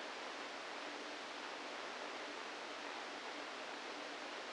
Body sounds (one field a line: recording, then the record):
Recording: brain microelectrode recording played as sound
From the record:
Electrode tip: inside the subthalamic nucleus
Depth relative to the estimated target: 1 mm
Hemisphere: right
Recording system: NeuroSet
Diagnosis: Parkinson's disease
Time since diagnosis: 7 years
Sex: female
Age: 68 years